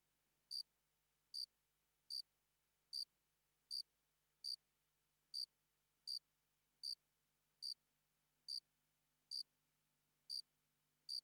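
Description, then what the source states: Cricket producing regular high-pitched chirps about every three-quarters of a second. Single cricket, sparse calling.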